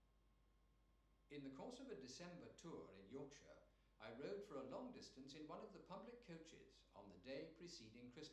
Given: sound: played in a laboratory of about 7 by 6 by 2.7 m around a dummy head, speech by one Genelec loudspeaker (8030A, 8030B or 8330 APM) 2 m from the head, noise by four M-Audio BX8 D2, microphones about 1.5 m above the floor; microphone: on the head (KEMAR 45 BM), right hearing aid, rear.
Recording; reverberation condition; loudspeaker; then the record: male speech in English; medium; 150 degrees to the right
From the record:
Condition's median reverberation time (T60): about 510 ms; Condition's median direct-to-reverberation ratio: about -0.5 dB